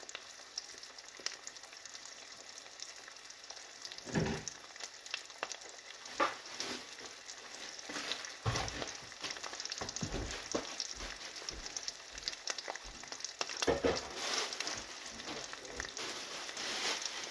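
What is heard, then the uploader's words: Eggs and bell peppers fry in a pan with a dense, steady crackle of bright sizzling throughout. Sharper pops and scraping stirs break through around four, eight to nine, and thirteen to fourteen seconds. Frying eggs and Bell Peppers.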